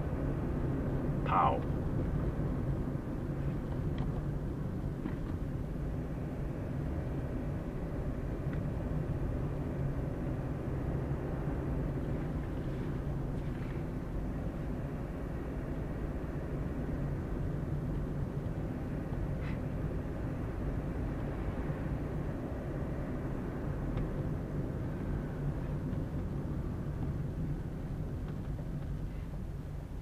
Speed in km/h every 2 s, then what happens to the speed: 37, 35, 28, 27, 29, 31, 31, 29, 29, 28, 29, 30, 30, 25, 17.
0-5 slows to 27. 5-24 steady at about 29. 24-30 slows to 17.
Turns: none.